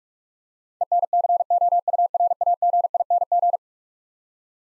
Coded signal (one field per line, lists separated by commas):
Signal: Morse code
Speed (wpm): 46 wpm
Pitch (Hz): 700 Hz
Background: none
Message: ENCOURAGING